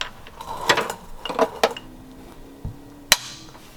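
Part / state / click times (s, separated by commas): speed sensor into transmission housing / seated / 3.1 s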